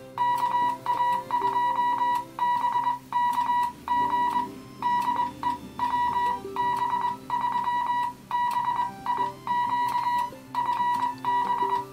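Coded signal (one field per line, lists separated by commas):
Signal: Morse code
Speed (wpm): 22 wpm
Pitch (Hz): 970 Hz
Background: music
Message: KA2BKG DE WB3BIQ FB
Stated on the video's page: CW QSO on a vintage Heathkit HW-101 tube transceiver.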